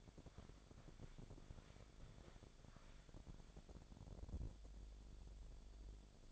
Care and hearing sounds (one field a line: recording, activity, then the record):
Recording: daily activity, microphone in the room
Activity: walk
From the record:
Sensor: 5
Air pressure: 1000.6 hPa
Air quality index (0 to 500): 141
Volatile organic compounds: 2 ppm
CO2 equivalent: 1097 ppm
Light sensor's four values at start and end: 46/108/45/47 and 47/109/45/47